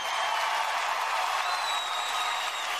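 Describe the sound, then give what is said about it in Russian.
A crowd of spectators at a rapier duel roars steadily with dense applause and shouting as the duel ends with a defeated master, and a long, high whistle cuts through the noise in the second half. “После мгновения оглушительной тишины толпа взорвалась криками, свистом и аплодисментами.”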